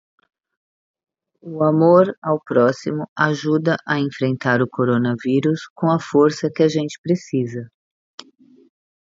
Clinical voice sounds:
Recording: spoken sentence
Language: Brazilian Portuguese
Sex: female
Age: 50 to 59 years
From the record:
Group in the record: control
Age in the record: 59 years

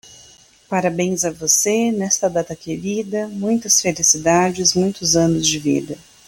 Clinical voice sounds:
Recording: short text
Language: Brazilian Portuguese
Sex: female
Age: 30 to 39 years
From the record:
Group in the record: control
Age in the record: 37 years

